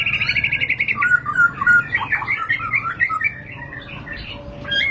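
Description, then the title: White-rumped shama song, a fast varied run of chirps and whistled notes around mid-high pitch, loudest in the first three seconds then fading to softer scattered notes. Lure song for training caged birds, used as a master song for other birds to learn. "Pancingan Murai Batu Buat Masteran"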